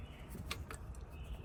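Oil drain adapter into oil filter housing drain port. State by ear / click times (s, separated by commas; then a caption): not seated / none. A plastic oil filter drain adapter is pushed up by hand, possibly with two hands, into the drain port of the oil filter housing on a Sequoia/Tundra 5.7L. Faint handling ticks come at about 0.5, 0.7 and 1.0 seconds over a steady low rumble. Nothing has seated or clicked yet.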